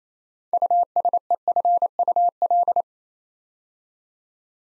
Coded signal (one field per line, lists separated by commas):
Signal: Morse code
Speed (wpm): 28 wpm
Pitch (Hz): 700 Hz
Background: none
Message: USEFUL